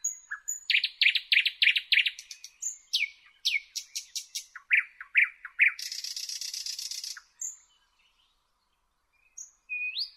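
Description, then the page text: Thrush nightingale song: rapid repeated clicking notes, varied phrases, then a long dry rattling buzz, a pause and a rising whistle. "Jelmer Poelstra - Обыкновенный соловей (Luscinia luscinia)"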